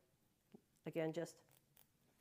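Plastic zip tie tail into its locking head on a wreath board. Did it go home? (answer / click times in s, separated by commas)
yes / 1.8 s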